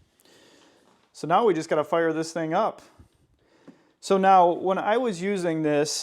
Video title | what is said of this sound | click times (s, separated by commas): Why Instant Hot Water is a Game Changer for Camping | Plug that in, and you'll hear that audibly click in. | 0.2 s